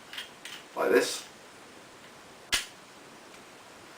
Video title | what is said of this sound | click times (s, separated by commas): Armada Demolishor Review | You should hear that clicking noise, like this. | 0.1 s, 0.5 s